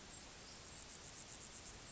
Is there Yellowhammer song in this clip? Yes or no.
no